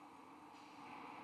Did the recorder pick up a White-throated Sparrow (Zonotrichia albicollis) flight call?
no